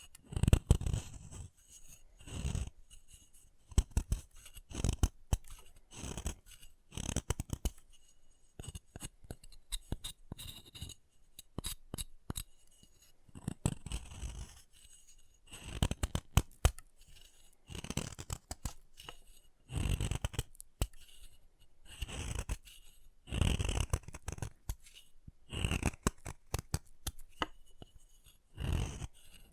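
Chalk being carved and cut, heard as short scraping and snipping strokes that come in irregular bursts throughout. Each stroke is brief and gritty, with brief quiet gaps between clusters and a faint thin whine lingering high above.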